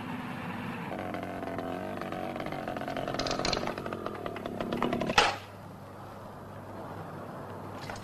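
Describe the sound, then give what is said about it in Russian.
A moped engine revs with a buzzing, rising whine for about five seconds as a man gets it going and gets on it, ends in a sharp pop, and then drops away to a low, steady rumble. “Разгоняет мопед, садится на него.”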